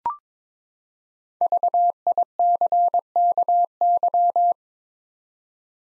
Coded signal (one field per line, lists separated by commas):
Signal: Morse code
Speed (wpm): 21 wpm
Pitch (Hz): 700 Hz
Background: none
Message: VICKY